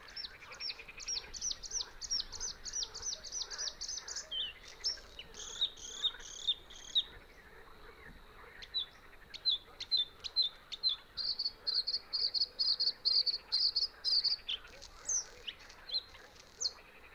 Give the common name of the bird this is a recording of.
Bluethroat